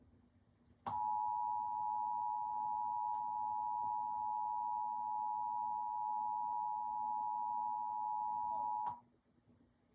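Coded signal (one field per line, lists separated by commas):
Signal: Emergency Alert System (SAME) tones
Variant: 853 and 960 Hz attention tone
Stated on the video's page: Flash flood statement issued via NOAA Weather Radio.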